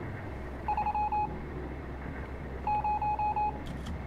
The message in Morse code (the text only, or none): 3 0